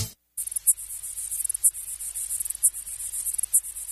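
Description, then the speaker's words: Lesser water boatman song: a continuous, very high buzzing stridulation with pulsing louder bursts, starting after a short silence, with a low hum underneath. Male's mating call made by stridulation; nearly 100 decibels, the loudest animal relative to body size; found on ponds and lakes across Europe. "This is the song of the lesser water boatman."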